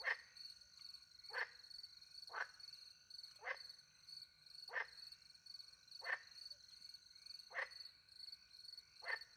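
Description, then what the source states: Frog croaking in short rasping bursts, eight of them about every second or so, with crickets trilling continuously behind. Recorded by night in the French countryside beside a little pond, with crickets; microphones hidden in a tree near the pond; two Usi Pro microphones into a MixPre-10 II recorder.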